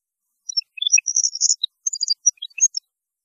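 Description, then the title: European goldfinch song, a quick burst of high, liquid twitters and jingling notes run together. "Chant Chardonneret"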